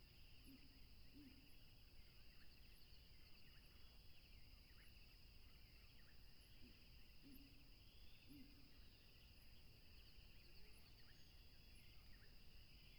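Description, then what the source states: Cricket chorus, a steady, even two-toned trill without pause, joined by a few short low hoots and high ticks over a dense low rushing sound. Tropical river setting.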